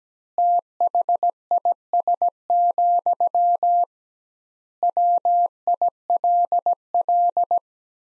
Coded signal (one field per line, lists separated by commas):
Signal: Morse code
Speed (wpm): 17 wpm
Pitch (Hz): 700 Hz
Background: none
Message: THIS, WILL